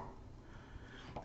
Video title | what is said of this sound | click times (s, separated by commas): archbishop disassembly | that just kind of snaps into place and | 1.2 s